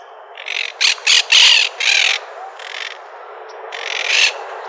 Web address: Parrots MONK PARAKEET deviche